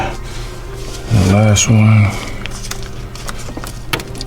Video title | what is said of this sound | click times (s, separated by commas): 2013 Escalade: Replacing Cylinder 7 Coil Pack & Wire Harness - Misfire Troubleshooting” | click. And then | 3.9 s